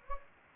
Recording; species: mosquito wingbeat signal from an infrared sensor; Anopheles gambiae